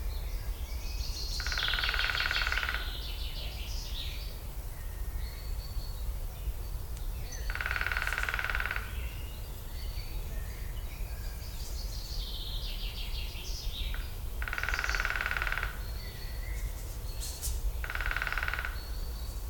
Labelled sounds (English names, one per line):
Great Spotted Woodpecker drumming